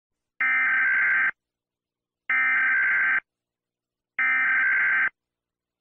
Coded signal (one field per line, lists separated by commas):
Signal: Emergency Alert System (SAME) tones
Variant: header bursts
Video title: EAS Scenario - No Way Out (REMAKE)